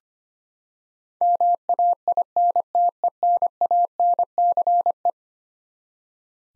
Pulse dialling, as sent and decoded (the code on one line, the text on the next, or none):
none